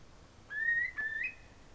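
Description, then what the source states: Eurasian curlew call: a single clear whistle, briefly dipping midway, then lifting upward at the end, over a quiet background hiss. At Lytchett Matravers, possibly on 7 March 2018.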